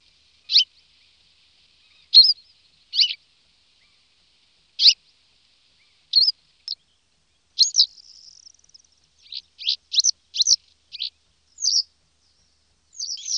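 Yellow wagtail giving many short, high, sharp call notes at irregular intervals, with a faint thin note midway.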